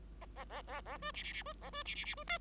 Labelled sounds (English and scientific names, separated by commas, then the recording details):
Bengalese Finch (Lonchura striata domestica) song
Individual Bird5